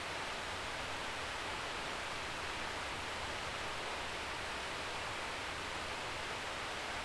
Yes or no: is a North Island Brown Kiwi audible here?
no